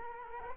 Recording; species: mosquito wingbeat signal from an infrared sensor; Culex quinquefasciatus